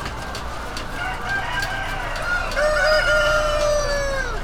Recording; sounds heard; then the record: poultry house recording; healthy chickens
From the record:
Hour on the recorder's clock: 20